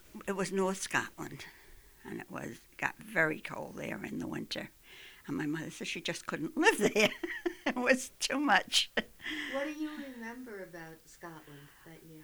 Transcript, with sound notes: it was north Scotland, and it was, it got very cold there in the winter. And my mother said she just couldn't live there. ( she laughs ) It was too much.
What do you remember about Scotland that you...